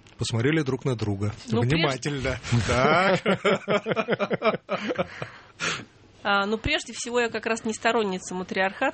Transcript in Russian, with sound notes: Посмотрели друг на друга внимательно! (Смеются)
Ну, прежде всего, я как раз не сторонница матриархата.